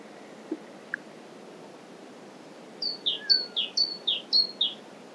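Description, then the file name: Great tit song bursts in after a quiet start: quick alternating high-low note pairs, with a soft down-slurred whistle beneath them. "Parus major"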